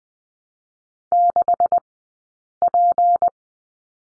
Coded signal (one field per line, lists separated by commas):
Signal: Morse code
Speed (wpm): 20 wpm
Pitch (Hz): 700 Hz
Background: none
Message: 6P